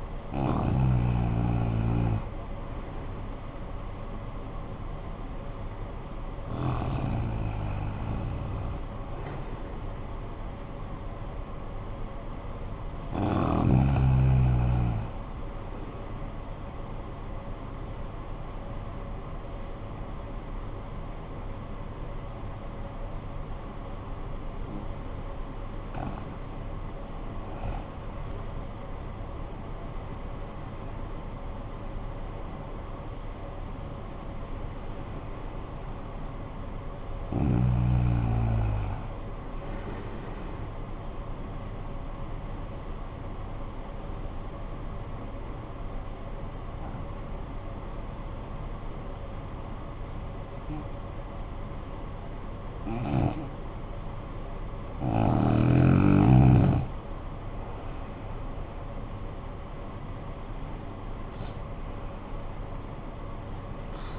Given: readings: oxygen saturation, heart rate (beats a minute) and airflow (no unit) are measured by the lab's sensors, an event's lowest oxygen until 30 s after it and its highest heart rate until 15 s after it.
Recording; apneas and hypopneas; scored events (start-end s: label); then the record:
breathing in sleep by a smartphone at the bedside; 1
45.00-58.70 s: obstructive apnea (REM, oxygen 96% highest, then 86% lowest, heart rate 51 at the start, 71 highest)
From the record:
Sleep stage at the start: REM sleep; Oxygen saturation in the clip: 89 to 97%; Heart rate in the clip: 49 to 71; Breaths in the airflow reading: 10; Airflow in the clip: -12.7 to 13.7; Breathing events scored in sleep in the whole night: 445 in 7.6 hours asleep